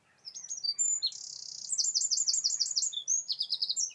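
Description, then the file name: Eurasian wren song, a loud rapid outpouring of high notes with a long buzzy trill and several fast rattling trills. "Troglodytes troglodytes"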